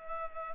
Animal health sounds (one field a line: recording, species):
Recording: mosquito wingbeat signal from an infrared sensor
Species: Culex pipiens